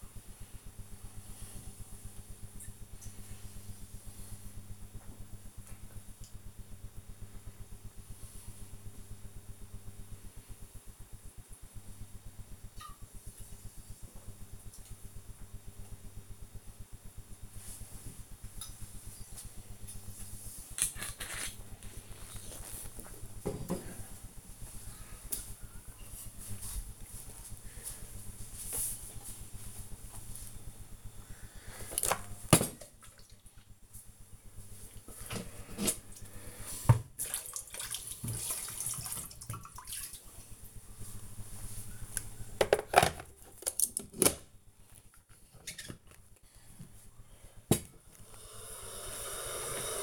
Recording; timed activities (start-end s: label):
household activities, microphone on the right wrist
0.00-20.89 s: drinking
30.96-50.03 s: making tea